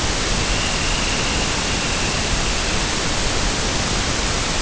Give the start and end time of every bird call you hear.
0.18s-3.10s: Calidris alpina (2.0-3.3 kHz)

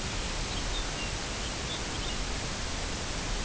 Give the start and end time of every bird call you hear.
0.04s-2.23s: Calcarius lapponicus (2.1-4.7 kHz)

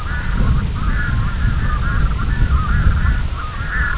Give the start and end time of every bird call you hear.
0.00s-3.98s: Gavia stellata (0.7-2.3 kHz)

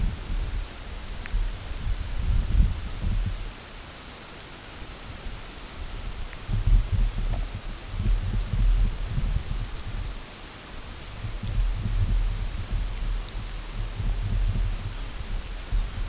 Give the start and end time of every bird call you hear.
14.75s-16.05s: Calcarius lapponicus (2.0-5.2 kHz)

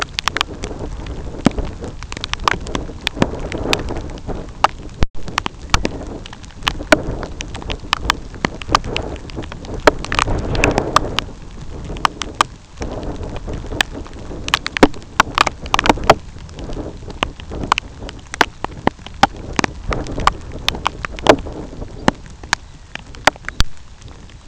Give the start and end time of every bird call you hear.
8.85s-21.84s: Calidris melanotos (0.1-5.9 kHz)
21.83s-22.14s: Phalaropus fulicarius (4.2-5.2 kHz)
22.54s-22.85s: Phalaropus fulicarius (3.0-4.5 kHz)
23.40s-23.63s: Phalaropus fulicarius (3.1-4.6 kHz)
24.23s-24.46s: Phalaropus fulicarius (3.2-4.6 kHz)

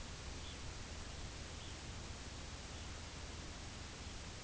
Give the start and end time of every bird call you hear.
0.08s-0.69s: Phalaropus fulicarius (2.1-4.8 kHz)
1.39s-1.94s: Phalaropus fulicarius (1.9-4.4 kHz)
2.49s-2.97s: Phalaropus fulicarius (2.3-4.4 kHz)
3.82s-4.25s: Phalaropus fulicarius (2.6-5.0 kHz)

